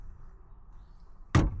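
A phone is brought onto a Syncwire magnetic car phone mount's holder, which has an articulating arm. After quiet low background noise, the phone snaps onto the magnetic holder with a sharp, loud contact sound at 1.3 s. The phone seats firmly on the mount.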